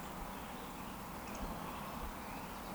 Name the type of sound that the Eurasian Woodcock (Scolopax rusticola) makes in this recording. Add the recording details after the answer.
whistle. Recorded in Baden-Württemberg, Germany, on 14 June 2020 at 19:37 UTC. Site 14569, 102 m above sea level